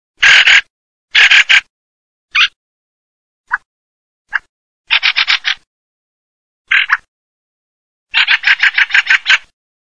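Fieldfare giving harsh, rattling chack calls in several bursts, some long and some short, at irregular intervals with silent gaps between them.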